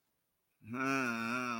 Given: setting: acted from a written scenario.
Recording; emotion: vocal sound without words; confusion